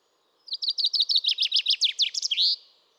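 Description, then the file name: Common chaffinch singing one strophe, a series of sharp repeated notes ending in an upswept flourish, with quiet before and after. "Fringilla coelebs"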